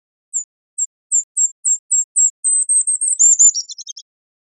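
Golden-crowned kinglet: very high thin notes, starting as separate short tsee notes that quicken, then run into a rapid sputtering, slightly descending chatter.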